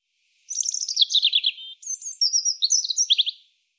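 European robin song, two rapid phrases of thin, high, tumbling trills and sweet warbles with a short pause between them, no other sounds.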